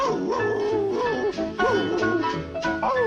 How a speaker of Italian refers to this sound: A grande richiesta, al telefono, Maspese loro, Dudu e Aiace Telamonio, i cani di Berlusconi e D'Alema.